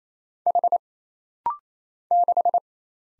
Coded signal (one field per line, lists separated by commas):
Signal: Morse code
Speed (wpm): 27 wpm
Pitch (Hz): 700 Hz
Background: none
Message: H 6